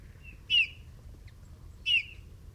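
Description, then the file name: Eurasian bullfinch calls: two soft, short descending whistles about a second and a half apart over low background rumble. "Pyrrhula pyrrhula"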